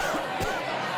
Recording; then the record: coughing mixed with background sound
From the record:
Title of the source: Coughing 51